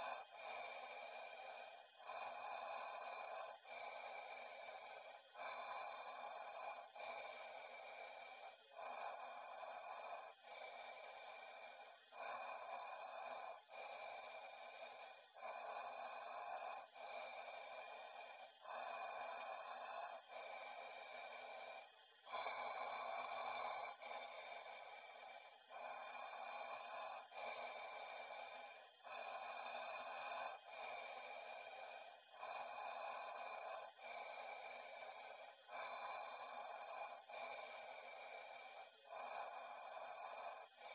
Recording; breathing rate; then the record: paced breathing near a phone; 18 breaths a minute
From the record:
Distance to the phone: 40 cm